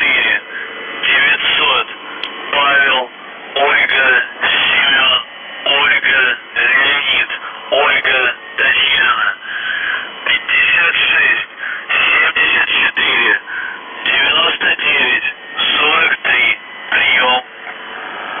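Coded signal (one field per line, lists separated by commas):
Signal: coded military voice message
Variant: UVB-76, Russian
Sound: a voice reading words over a noisy radio channel, with no buzzer audible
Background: radio static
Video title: The Buzzer/UVB-76(4625Khz) January 3, 2022 13:01UTC Voice message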